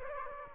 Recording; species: mosquito wingbeat signal from an infrared sensor; Aedes aegypti